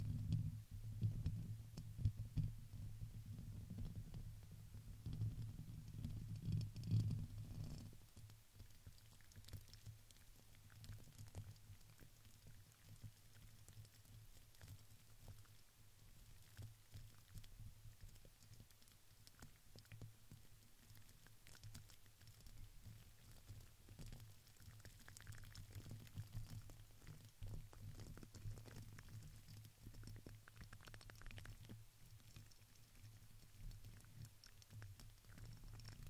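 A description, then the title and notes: Crinkling and light tapping on plastic and paper, made of small dry crackles and clicks that come steadily throughout. A heavy low rumble fills the first eight seconds, then drops away, leaving the quieter, scattered ticking over a soft hum. Crinkles, Plastic, Brush, Silicone, Glass, Paper.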